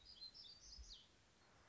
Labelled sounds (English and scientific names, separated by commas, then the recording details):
Black-throated Gray Warbler (Setophaga nigrescens)
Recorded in Sonoma County, California